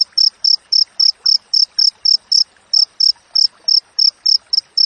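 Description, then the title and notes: Cricket giving quick, high-pitched chirps at a steady, close rhythm, roughly four pulses per second, with one short gap midway. Clear natural cricket sound with tightly spaced chirps, used as a master recording for training songbirds and for driving away rats. "Masteran Jangkrik Alam Jernih, Jeda Rapat Cocok Untuk Masteran Burung Dan Mengusir Tikus. suara jangkrik"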